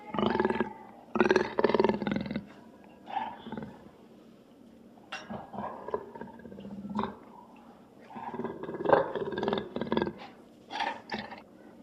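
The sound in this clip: Jaguar roaring in rough, pulsed grunting bursts, loud at the start, quieter in the middle, then strong again near the end, with breathy rasps between.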